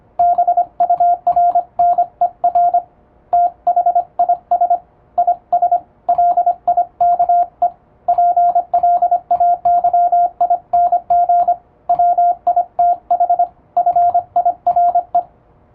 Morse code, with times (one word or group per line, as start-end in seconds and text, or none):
0.2-2.8 BURNER
3.3-4.8 THIS
5.2-5.8 IS
6.1-7.7 LIKE
8.1-11.5 PLAYING
11.9-13.4 WITH
13.8-15.2 FIRE